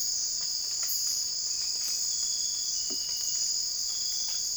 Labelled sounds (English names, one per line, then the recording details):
none
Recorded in secondary vegetation near Puerto Asís, Putumayo, Colombia, on 20 December 2024 at 03:30
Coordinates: 0.481, -76.318
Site G042